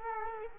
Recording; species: mosquito wingbeat signal from an infrared sensor; Culex quinquefasciatus